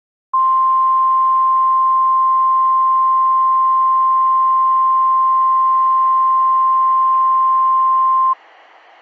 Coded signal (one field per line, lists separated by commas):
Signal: Emergency Alert System (SAME) tones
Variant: 1050 Hz attention tone